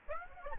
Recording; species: mosquito wingbeat signal from an infrared sensor; Aedes aegypti